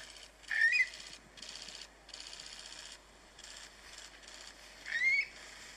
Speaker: There is nothing more delightful than the sight and sound of a curlew in flight.